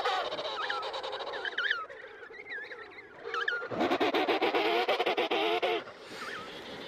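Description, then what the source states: Emperor penguin colony chorus, many overlapping warbling calls with rising and falling notes, a louder stretch of calling in the middle, then quieter calling. Emperor penguin colony at Cape Crozier, Antarctica.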